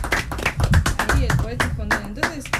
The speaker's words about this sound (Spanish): Un aplauso grande para el compañero acá.